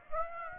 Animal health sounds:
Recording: mosquito wingbeat signal from an infrared sensor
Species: Aedes aegypti

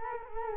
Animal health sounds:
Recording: mosquito wingbeat signal from an infrared sensor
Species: Culex quinquefasciatus

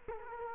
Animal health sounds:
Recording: mosquito wingbeat signal from an infrared sensor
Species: Culex quinquefasciatus

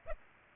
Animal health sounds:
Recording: mosquito wingbeat signal from an infrared sensor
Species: Aedes aegypti

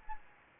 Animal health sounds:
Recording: mosquito wingbeat signal from an infrared sensor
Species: Anopheles gambiae

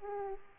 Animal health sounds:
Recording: mosquito wingbeat signal from an infrared sensor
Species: Aedes aegypti

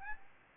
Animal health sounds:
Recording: mosquito wingbeat signal from an infrared sensor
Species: Aedes albopictus

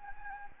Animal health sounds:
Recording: mosquito wingbeat signal from an infrared sensor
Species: Anopheles gambiae

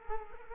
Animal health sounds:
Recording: mosquito wingbeat signal from an infrared sensor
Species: Culex quinquefasciatus

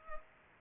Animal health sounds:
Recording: mosquito wingbeat signal from an infrared sensor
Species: Culex pipiens

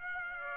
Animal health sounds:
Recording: mosquito wingbeat signal from an infrared sensor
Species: Aedes aegypti

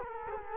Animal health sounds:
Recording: mosquito wingbeat signal from an infrared sensor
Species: Culex quinquefasciatus

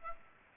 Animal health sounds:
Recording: mosquito wingbeat signal from an infrared sensor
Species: Aedes albopictus

